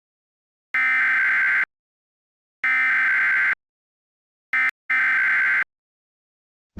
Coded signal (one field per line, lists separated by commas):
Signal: Emergency Alert System (SAME) tones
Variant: header bursts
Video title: EAS MOCK TORNADO EMERGENCY EL RENO TORNADO 2013